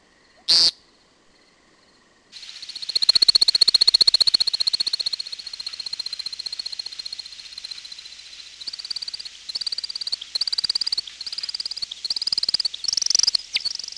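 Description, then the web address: American woodcock: a single buzzy peent, then a long, continuous high twittering that later breaks into rapid, choppy bursts of chirps. "Peterson North American Birds. amwo"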